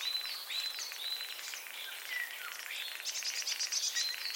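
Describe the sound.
Common starling chatter: dense overlapping whistles and buzzy notes, with a few clear level whistles, over a steady hiss of background noise.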